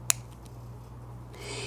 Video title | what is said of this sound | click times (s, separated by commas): GCTV Field Kit Tutorial Video | and on the camera and you know that it's made a connection when you hear a click if | 0.1 s